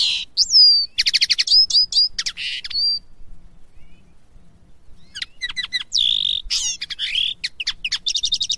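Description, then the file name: Common linnet singing a lively twitter of rapid chirp series, sliding whistles and buzzy notes, broken by a brief quiet gap before the phrases resume. Song intended for teaching young birds to sing, recorded summer 2017. "CANTO DEL PARDILLO PARA EDUCAR NOVELESVERANO 2017 CARDUELIS CANNABINA"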